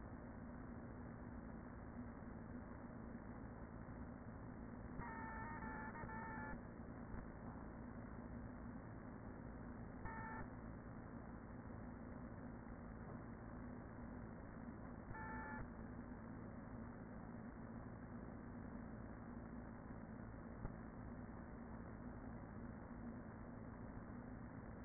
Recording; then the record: honeybee colony, microphone inside the hive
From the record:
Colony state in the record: queen present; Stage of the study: after two queens were removed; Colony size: about 40,000 bees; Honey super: no